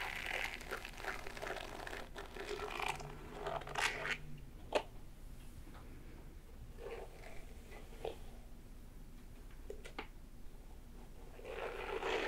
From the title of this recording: rainy day hair play back scratch & massage